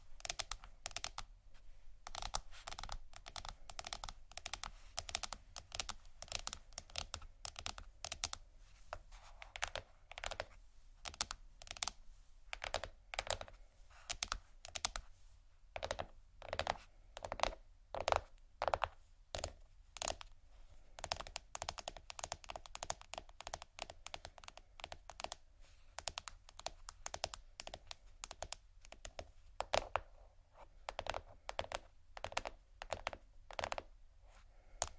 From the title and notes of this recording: Tapping,soft crinkle,scratch,plastic,textures(No Talking).